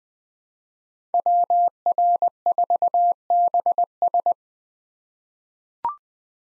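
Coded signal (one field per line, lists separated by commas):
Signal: Morse code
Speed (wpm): 20 wpm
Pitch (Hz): 700 Hz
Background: none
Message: WR4BS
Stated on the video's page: Farnsworth drill of five-character USA call signs at 20 wpm with 4x character spacing, each sent in Morse, spoken, then sent again.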